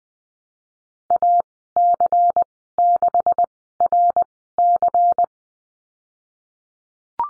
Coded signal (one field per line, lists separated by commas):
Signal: Morse code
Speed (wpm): 20 wpm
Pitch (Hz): 700 Hz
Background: none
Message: AC6RC